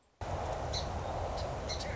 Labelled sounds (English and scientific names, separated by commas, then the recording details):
Song Sparrow (Melospiza melodia)
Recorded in Sonoma County, California